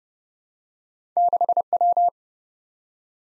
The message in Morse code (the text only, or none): 6W